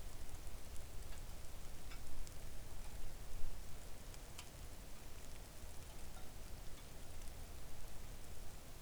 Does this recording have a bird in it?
no